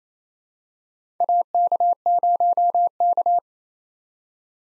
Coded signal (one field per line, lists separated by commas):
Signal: Morse code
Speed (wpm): 28 wpm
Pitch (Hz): 700 Hz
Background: none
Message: AK0K